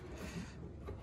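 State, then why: Not seated. The upper-end socket of a Corsa Wind trunk-lid gas strut is handled against its ball stud on the car body. Only low, steady rubbing and handling noise is heard, with no sharp knock. Nothing has snapped onto the stud or seated yet.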